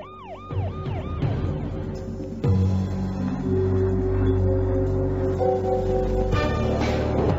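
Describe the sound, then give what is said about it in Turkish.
Police car sirens wail in quick rising-and-falling sweeps, then give way to steady, overlapping siren tones over a deep engine rumble that swells louder as the vehicles approach. “Evet evlat, polis arabalarının sesi. Bizi kurtarmaya geliyorlar.”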